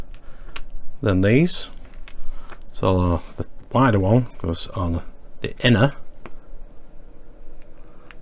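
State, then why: Seated. Someone talks while a wider plastic link is pushed onto the inner part of a model truck mudguard. Small sharp ticks of handling are heard, and the link snaps into place with a click at 8.1 s, seated.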